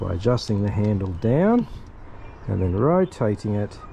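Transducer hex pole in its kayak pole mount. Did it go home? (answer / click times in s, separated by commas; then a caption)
no / none. Someone talks while a Garmin Livescope transducer on a Railblaza hex pole is handled in its kayak pole mount on a Hobie PA 14, being stowed by lowering the handle and rotating the pole up. No clicks or other mechanical sounds stand out over the voice. Nothing has clicked or seated into the stowed up position yet.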